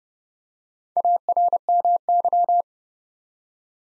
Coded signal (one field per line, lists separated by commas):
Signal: Morse code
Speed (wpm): 30 wpm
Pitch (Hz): 700 Hz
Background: none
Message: ARMY